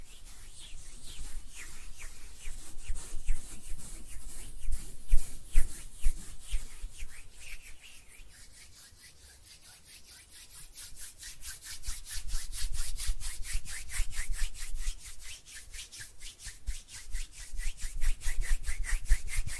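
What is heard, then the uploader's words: Hands rub together in quick, regular back-and-forth strokes, a dry hissing swish repeating several times a second. The rubbing is louder and rougher in the first seven seconds, eases off to a quiet lull around ten seconds, then builds steadily again toward the end. ASMR Relaxing Hand Sounds (No Talking).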